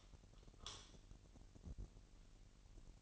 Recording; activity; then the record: daily activity, microphone in the room; light on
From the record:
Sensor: 4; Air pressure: 1002.7 hPa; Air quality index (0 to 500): 249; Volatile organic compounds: 15 ppm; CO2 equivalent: 2481 ppm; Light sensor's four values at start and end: 6/14/5/6 and 7/16/6/7